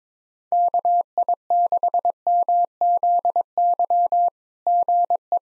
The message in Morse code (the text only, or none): KI6MZY GE